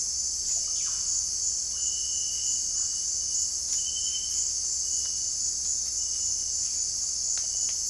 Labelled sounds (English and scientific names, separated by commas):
Russet-backed Oropendola (Psarocolius angustifrons)